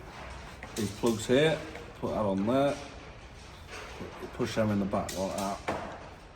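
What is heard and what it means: Crimped terminal pins for an old Massey tractor's auto-steer wiring are handled and pushed into the back of a plastic multi-pin plug housing while someone talks. Nothing has seated or clicked yet by the end of the clip.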